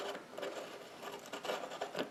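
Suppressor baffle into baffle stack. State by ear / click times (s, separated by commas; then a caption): not seated / none. A metal baffle for an AAC Halcyon suppressor is handled and twisted against the baffle stack, producing soft scraping and rubbing with short metallic knocks at about 1.3, 1.8 and 2.0 seconds. Nothing has seated yet.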